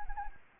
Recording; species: mosquito wingbeat signal from an infrared sensor; Anopheles arabiensis